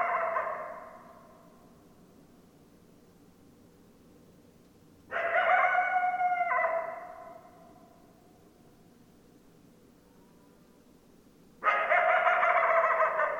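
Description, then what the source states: Coyote calls: a fading note at the start, then two loud harmonic howls about six seconds apart over a steady background hiss. Recorded 10 December 2012; more than one coyote.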